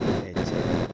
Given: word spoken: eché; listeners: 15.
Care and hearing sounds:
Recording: one Spanish word in noise, from a listening test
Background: noise modulated by one talker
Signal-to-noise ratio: -12.4 dB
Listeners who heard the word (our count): 0 of 15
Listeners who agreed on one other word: 8 of 15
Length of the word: 0.53 s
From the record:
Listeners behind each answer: 8, 2, 1, 1, 1, 1, 1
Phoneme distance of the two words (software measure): 7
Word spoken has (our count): 2 syllables, 3 phonemes, stress on syllable 2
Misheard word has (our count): 2 syllables, 4 phonemes, stress on syllable 1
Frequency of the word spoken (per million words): 4.17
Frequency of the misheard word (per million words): 73.67

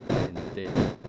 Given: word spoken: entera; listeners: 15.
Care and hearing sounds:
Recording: one Spanish word in noise, from a listening test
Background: noise modulated by one talker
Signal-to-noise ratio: -10.6 dB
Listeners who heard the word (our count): 1 of 15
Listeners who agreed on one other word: 10 of 15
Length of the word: 0.69 s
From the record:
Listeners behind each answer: 10, 1, 1, 1, 1, 1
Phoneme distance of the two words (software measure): 10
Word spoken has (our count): 3 syllables, 6 phonemes, stress on syllable 2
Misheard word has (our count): 3 syllables, 6 phonemes, stress on syllable 2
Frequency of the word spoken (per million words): 26.17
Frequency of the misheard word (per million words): 33.88

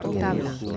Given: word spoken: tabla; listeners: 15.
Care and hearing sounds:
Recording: one Spanish word in noise, from a listening test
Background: eight-talker babble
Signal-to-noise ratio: -1.3 dB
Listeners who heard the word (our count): 5 of 15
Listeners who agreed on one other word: 8 of 15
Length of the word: 0.37 s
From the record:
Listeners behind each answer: 8, 5, 1, 1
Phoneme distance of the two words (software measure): 7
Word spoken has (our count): 2 syllables, 5 phonemes, stress on syllable 1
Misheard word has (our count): 2 syllables, 6 phonemes, stress on syllable 1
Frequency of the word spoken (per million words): 45.53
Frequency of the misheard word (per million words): 19.18

